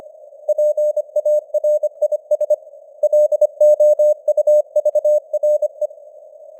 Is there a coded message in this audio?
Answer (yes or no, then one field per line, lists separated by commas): yes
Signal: Morse code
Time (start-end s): 0.5-5.9 s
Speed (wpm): 25 wpm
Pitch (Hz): 600 Hz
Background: none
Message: PARIS LOUVRE